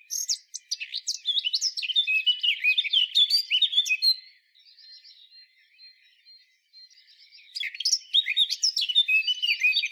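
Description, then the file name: Eurasian blackcap singing a long run of hurried, scratchy warbled notes, dropping to faint soft twitters midway before another loud rapid warbling phrase. "Sylvia atricapilla"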